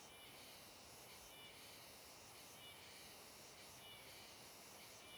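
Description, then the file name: Cicada with a sustained high buzzing hiss that swells and fades in slow waves over constant background noise. Cicada with an unusual sound, recorded on a riverbank. "Cigarra com Som Diferente na Beira do Rio"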